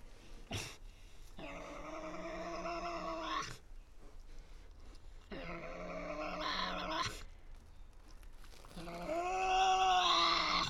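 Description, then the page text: Tasmanian devil screeches, three drawn-out harmonic wails of about two seconds each, separated by short pauses and a sharp click. Resident devils discussing who has priority, in an enclosure at the Devils@Cradle conservation facility, Cradle Mountain, Tasmania, on 24 October 2007. "Birdsong for the Curious Naturalist. Tasmanian devil. Inside an enclosure at the world-class conservation facility at Cradle Mountain, Tasmania"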